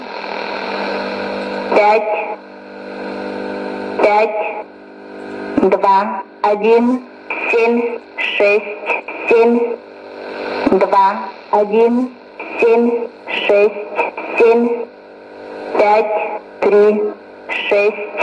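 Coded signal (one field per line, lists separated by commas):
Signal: numbers station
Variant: S06s Russian Lady, Russian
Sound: female voice reading short evenly spaced Russian number words over shortwave hiss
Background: radio static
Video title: 19 12 2019 S06s Russian Lady numbers station in Russian to Eu 0944 on 9540 unknown tx site USB+AM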